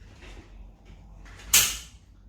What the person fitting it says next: There you go, and you hear the click, and you make sure that it has been locked properly.